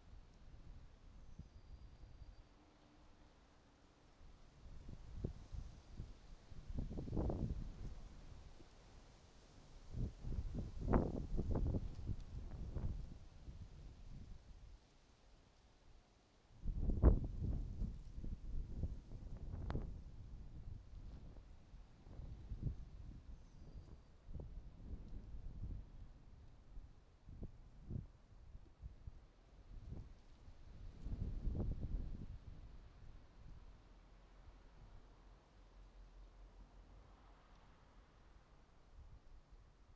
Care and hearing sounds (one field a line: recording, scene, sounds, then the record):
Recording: everyday scene through a hearing-aid microphone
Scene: wind on the microphone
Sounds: wind, traffic, birds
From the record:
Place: suburban garden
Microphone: in the ear canal, right